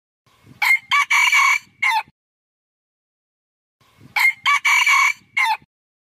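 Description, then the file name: Red junglefowl crow given twice, about three and a half seconds apart, each a quick series of harsh, ringing syllables with a longer middle part. Rooster crowing. "tieng ga rung ga trong chuan"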